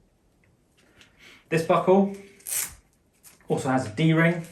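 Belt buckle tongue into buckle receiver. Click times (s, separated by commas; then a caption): 1.0 s. The metal quick-release buckle of a shooters/rigger belt is pushed together, the tongue locking into the buckle receiver with a positive click at 1.0 s, so the buckle is seated. Someone then talks.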